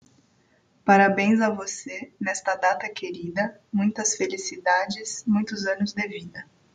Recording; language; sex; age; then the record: short text; Brazilian Portuguese; female; 20 to 29 years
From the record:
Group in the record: control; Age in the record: 29 years